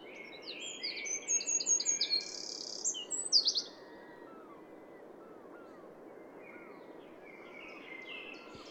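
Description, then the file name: Eurasian wren giving a loud run of very high, rapid trills and twitters for about three seconds, then soft slurred whistles over a steady background hiss. "Troglodytes troglodytes"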